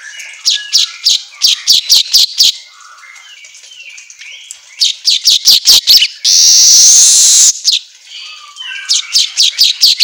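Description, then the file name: Asian golden weaver song in bursts of rapid, buzzy chattering notes with clicks, interrupted near the middle by over a second of loud hissing noise. Song track meant for training songbirds, labelled in Indonesian as an auto gacor recording. "Suara Kicau Manyar Kepala Emas Auto Gacor"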